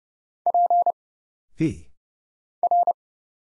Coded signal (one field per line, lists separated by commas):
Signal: Morse code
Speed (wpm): 30 wpm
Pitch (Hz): 700 Hz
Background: none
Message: P R